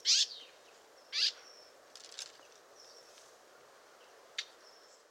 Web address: SETE Sylvia atricapilla